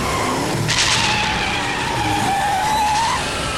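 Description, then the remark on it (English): A car skids to a stop, its tires letting out a loud, wavering screech that holds for about three seconds over a low engine rumble, then cuts off. “Hear that? It's his car.”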